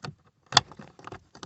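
A plastic cabin air filter cover on a 2013 Nissan Note is finessed into the HVAC filter housing. Brief plastic knocks and rustles lead to a sharp click at 0.6 s as the cover's upper clip snaps into place. The cover is seated.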